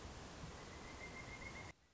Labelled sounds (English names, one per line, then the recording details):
Pileated Woodpecker
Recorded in Sonoma County, California